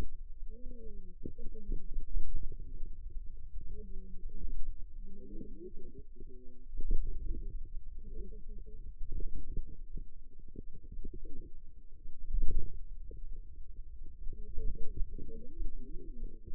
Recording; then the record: forearm muscle sounds (acoustic myography)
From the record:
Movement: pen grasping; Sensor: system 2, bracelet of six BSWA MPA416 microphones around the upper forearm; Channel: 5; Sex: female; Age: 21 years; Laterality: right